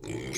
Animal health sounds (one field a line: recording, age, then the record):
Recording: pig call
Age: weaner (32 to 43 days)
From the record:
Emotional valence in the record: negative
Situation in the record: long isolation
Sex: female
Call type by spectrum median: low-frequency call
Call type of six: high-frequency modulated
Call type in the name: high-frequency modulated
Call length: 0.38 s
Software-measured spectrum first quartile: 294 Hz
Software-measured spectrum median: 1498 Hz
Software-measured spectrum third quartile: 4669 Hz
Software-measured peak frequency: 352 Hz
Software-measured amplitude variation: 154 dB a second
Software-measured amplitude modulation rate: 26.1 a second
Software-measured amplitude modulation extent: 5.9 dB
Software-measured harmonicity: 2.9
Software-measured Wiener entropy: -3.25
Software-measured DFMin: 985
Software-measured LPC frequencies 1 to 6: 381, 2208, 3271, 4025, 5122, 6470 Hz